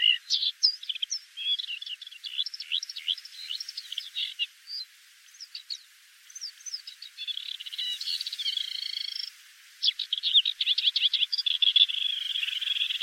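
Bird chattering, a fast run of varied high twitters and warbled notes with brief pauses, a steadier, fuller phrase around the middle, then quick chirps resume.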